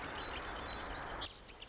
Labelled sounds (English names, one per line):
Marsh Wren